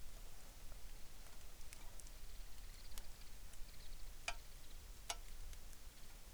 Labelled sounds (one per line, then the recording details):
songbird
rain
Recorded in the Arctic National Wildlife Refuge, Alaska, on 3 August 2019
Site 33